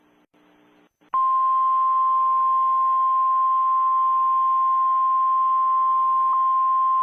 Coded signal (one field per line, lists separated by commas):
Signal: Emergency Alert System (SAME) tones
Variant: 1050 Hz attention tone